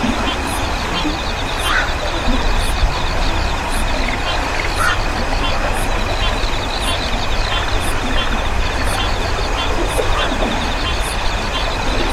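Frogs and insects call by a quiet river, a steady dense chorus with repeated rapid trills in the upper-middle range. A high insect buzz pulses regularly about once a second throughout, over a constant low rumble of flowing water.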